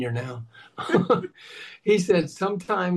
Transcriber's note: laughs